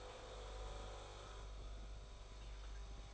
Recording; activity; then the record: daily activity, microphone in the room; make coffee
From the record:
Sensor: 5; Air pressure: 991.9 hPa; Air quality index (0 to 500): 166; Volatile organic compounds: 392 ppm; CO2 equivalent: 4659 ppm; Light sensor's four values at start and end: 32/108/40/43 and 32/108/40/43